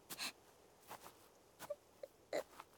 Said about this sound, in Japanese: ん？泣いてるみたいだね。